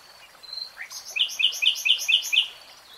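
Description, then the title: Nightingale song: a rising note followed by a rhythmic series of doubled chirping notes, over faint background noise. Nightingale singing, in real time. "[Tiếng chim hót] REALTIME Nightingale Singing"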